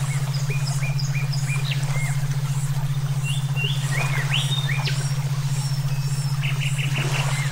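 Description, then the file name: Songbird song: short whistled chirps, rising slurs and a brief rapid trill, set over a steady pulsing low hum that runs throughout. Brainwave therapy mix for training songbirds (omkicau). "terapi brainwave omkicau"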